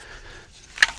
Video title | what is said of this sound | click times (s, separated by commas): THE Mini-14 SBR | Still locks in place, no problem. | 0.8 s